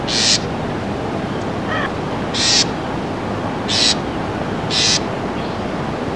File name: House Wren